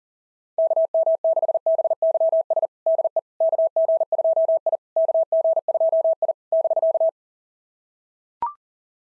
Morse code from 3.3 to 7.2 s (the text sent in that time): KG2I KG2I <BK>